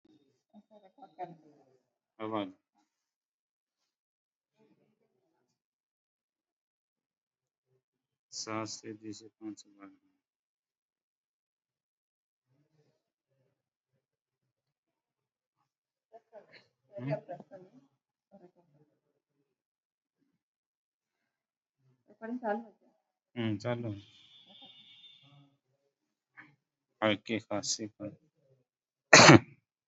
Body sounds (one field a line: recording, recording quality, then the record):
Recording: shallow breathing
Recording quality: poor, much background noise or distortion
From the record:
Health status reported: COVID-19 positive, mild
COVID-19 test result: positive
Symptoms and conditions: cough, sore throat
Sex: male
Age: 34 years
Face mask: worn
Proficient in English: yes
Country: India